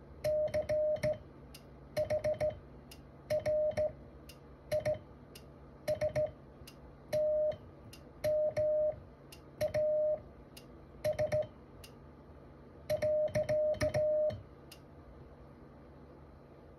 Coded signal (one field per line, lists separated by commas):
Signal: Morse code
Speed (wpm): 17 wpm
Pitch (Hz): 610 Hz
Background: music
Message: CHRISTMAS .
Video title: Merry Christmas Morse Code